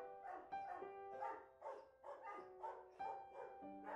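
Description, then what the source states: Dog barking in rapid repeated barks, with thin whining tones threaded between them. Recorded inside a dog boarding house.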